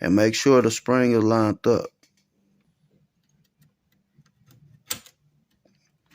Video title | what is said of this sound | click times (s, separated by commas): Folding Stock Adapter | You hear that little click? | 4.9 s